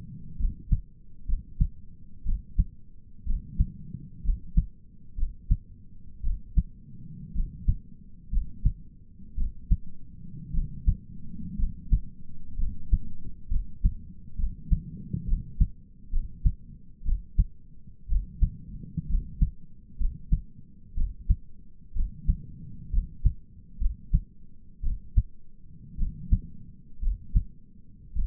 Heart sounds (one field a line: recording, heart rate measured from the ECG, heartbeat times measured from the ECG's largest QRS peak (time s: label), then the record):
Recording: heart sounds by stethoscope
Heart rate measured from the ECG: 61 bpm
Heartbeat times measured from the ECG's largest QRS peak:
0.40 s: heartbeat
1.28 s: heartbeat
2.26 s: heartbeat
3.27 s: heartbeat
4.25 s: heartbeat
5.18 s: heartbeat
6.24 s: heartbeat
7.35 s: heartbeat
8.32 s: heartbeat
9.38 s: heartbeat
10.54 s: heartbeat
11.59 s: heartbeat
12.59 s: heartbeat
13.51 s: heartbeat
14.39 s: heartbeat
15.28 s: heartbeat
16.13 s: heartbeat
17.06 s: heartbeat
18.10 s: heartbeat
19.10 s: heartbeat
20.00 s: heartbeat
20.97 s: heartbeat
21.96 s: heartbeat
22.93 s: heartbeat
23.81 s: heartbeat
24.84 s: heartbeat
25.99 s: heartbeat
27.02 s: heartbeat
28.16 s: heartbeat
From the record:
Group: healthy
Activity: rest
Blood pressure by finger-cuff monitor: 107/66 mmHg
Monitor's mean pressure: 80 mmHg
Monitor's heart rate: 61 bpm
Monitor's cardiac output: 5.7 L/min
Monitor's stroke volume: 93 mL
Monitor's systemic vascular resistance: 960 dyn s/cm5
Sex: male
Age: 22 years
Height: 181 cm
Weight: 79 kg